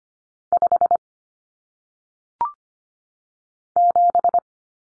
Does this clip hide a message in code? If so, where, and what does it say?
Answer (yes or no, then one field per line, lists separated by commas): yes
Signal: Morse code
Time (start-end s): 0.5-4.4 s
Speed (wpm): 25 wpm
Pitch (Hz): 700 Hz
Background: none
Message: 5 7